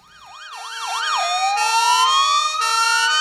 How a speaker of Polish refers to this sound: a właściwie nie tyle karetkami, co pojazdami uprzywilejowanymi, które używają syren i sygnałów dźwiękowych. W wielkich miastach to jest normalna część krajobrazu dźwiękowego, ale może coś się zmieni.